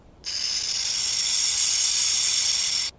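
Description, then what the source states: Burrowing Owl hissing: one harsh, airy, steady hiss lasting under three seconds, starting and stopping abruptly, with no other sounds. Threat hiss thought to mimic a cornered rattlesnake's warning; may warn unwanted visitors away from the nest burrow; ground squirrels were alarmed by it in an experiment.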